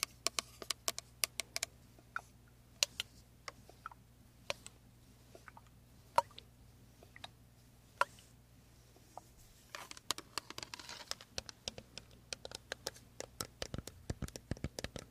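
Hands working creamy products and massaging, heard as a run of sharp little clicks and sticky taps scattered over a low steady hum. The taps come irregularly at first, then grow quicker and denser after about ten seconds, with a soft rustle underneath.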